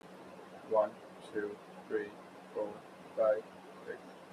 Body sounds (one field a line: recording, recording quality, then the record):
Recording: counting at a normal pace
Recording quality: excellent, no background noise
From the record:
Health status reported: COVID-19 positive, no symptoms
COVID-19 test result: positive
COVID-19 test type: RT-PCR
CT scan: not taken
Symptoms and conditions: cough, cold, sore throat, fever, fatigue, asthma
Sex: male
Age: 20 years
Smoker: no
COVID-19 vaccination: both doses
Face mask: worn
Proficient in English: yes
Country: India